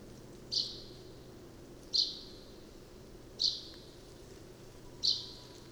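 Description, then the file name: Common chaffinch calls: four short, sharp, high 'pink' notes, each about one and a half seconds apart, over a faint low steady hum. "Fringilla coelebs"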